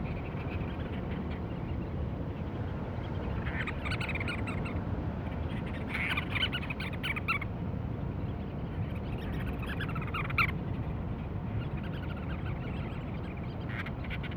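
Cape Verde storm petrel calling in several short rapid stuttering bursts spaced a couple of seconds apart, over a continuous low rumbling background.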